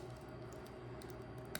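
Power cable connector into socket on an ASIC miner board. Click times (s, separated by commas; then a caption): 1.5 s. A plastic power cable connector is pushed fully into its socket on the board of an Iceriver KS0 Ultra ASIC miner, since it will not lock unless it is all the way in. Over a steady low hum, a sharp, short click sounds at 1.6 seconds as the connector latches and seats.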